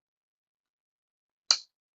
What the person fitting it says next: okay then you hear that snap and that means it's in there